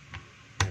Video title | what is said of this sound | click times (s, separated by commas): d25144 rotary hammer dewalt | So sa pag-lock nyan mga kabay, ganyan lang po. | 0.6 s